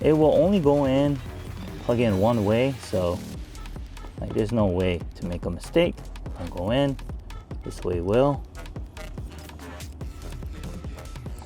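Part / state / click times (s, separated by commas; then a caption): throttle controller harness plug into vehicle pedal wiring connector / seated / 9.0 s. A throttle controller harness plug is pushed into the accelerator pedal wiring connector of a Toyota Supra while someone talks over background music. It snaps in with a small click at 8.9 s, and the connector is seated.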